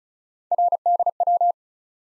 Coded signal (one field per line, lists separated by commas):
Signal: Morse code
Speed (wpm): 36 wpm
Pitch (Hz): 700 Hz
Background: none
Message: RDW